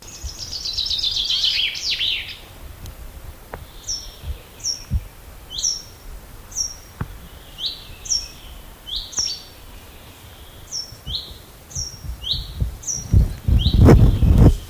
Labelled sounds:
Common Chaffinch (Fringilla coelebs)
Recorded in the wild
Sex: male
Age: adult
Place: Halbinsel Kindo, Karelien, RU
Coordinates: 66.5375, 33.0908
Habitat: taiga
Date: 1995-06-21
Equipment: Sony WM-D6C, Sennheiser MKH 416 T, Kopie Revox C 270
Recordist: Frommolt, Karl-Heinz

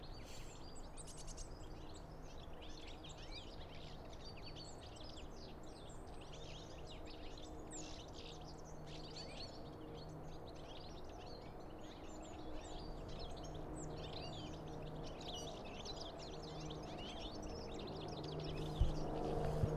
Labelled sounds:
European Goldfinch (Carduelis carduelis) call
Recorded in the wild
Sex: group
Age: adult
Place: Bernau bei Berlin, Bernauer Forst, Brandenburg, DE
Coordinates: 52.6975, 13.5211
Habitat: wood
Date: 2007-01-05 12:38
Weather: unsettled, ca. 5°C, moderate to strong winds
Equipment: Sound Devices 702, Sennheiser MKH 70, Windkorb
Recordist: Frommolt, Karl-Heinz

